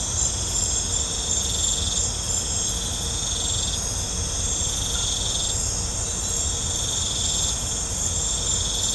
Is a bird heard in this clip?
no